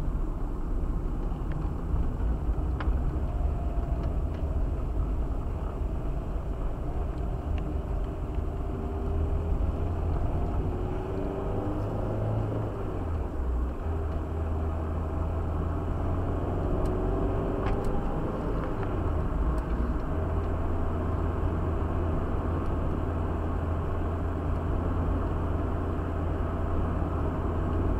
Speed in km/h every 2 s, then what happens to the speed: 34, 35, 38, 31, 24, 35, 47, 47, 47, 56, 56, 56, 65, 64.
4-7 brakes to 24. 9-28 speeds up to 64.